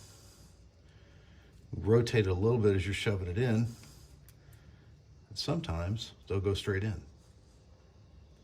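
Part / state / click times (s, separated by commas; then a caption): crimped wire terminal into bulkhead connector housing cavity / not seated / none. A crimped wire terminal is handled for pushing and rotating into its cavity in a firewall bulkhead connector housing while someone talks. Between the bursts of speech there are only faint handling sounds. Nothing has seated or clicked yet.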